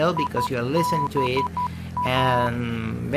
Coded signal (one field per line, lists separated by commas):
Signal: Morse code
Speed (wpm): 12 wpm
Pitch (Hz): 990 Hz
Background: speech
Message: IBA